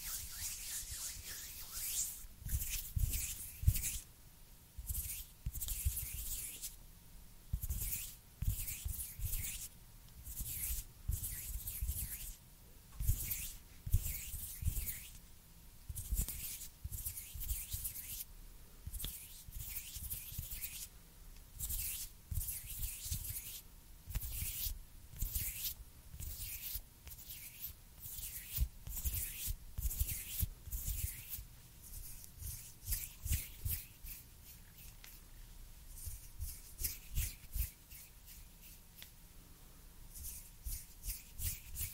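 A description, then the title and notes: Hands rub and brush together, making crisp, dry swishes broken by softer, duller strokes. The strokes come in irregular bursts with short gaps throughout, growing quicker and denser in the last third. A quiet, steady hum sits underneath. ASMR Crispy And Soft Hand Sounds To Relax, Focus And Sleep NO TALKING.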